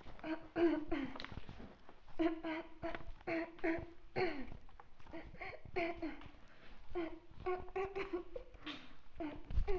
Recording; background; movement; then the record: throat clearing; quiet; walking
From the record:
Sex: female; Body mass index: 18.8 kg/m2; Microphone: on the chest, facing outward